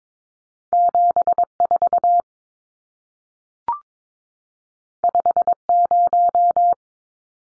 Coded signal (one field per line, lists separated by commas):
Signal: Morse code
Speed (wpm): 22 wpm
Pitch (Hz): 700 Hz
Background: none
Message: 74 50